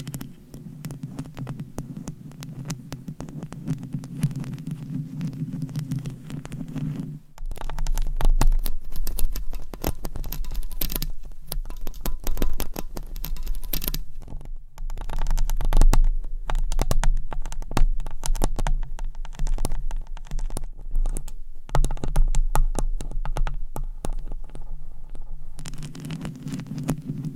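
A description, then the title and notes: Scratching and tapping go on without pause, a dense stream of quick, uneven clicks and rasps. A low hum sits underneath, shifting to a deeper, louder rumble from about seven seconds until around twenty-five, then returning to its earlier tone. ASMR Scratching & Tapping for People Who Get Bored Easily No Talking for Sleep with Long Nails.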